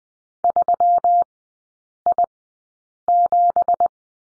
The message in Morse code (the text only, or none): 3I7